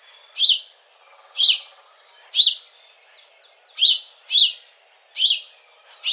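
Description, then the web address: House sparrow calling with harsh, emphatic chirps at uneven intervals, some spaced a second apart and two coming close together. Recorded 17 March 2007. "House Sparrow 2007 03 17"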